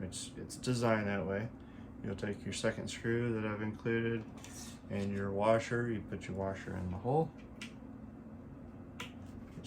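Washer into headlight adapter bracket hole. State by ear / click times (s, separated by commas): seated / 9.0 s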